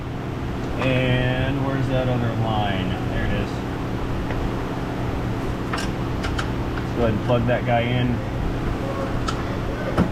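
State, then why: Seated. A wiring harness connector is plugged into its mating socket on a van's engine while someone talks over a steady fan-like hum. A few sharp clicks sound around 5.7–6.8 seconds, then a single crisp click at 9.3 seconds shows the connector is seated securely, before the plastic security tab is fitted.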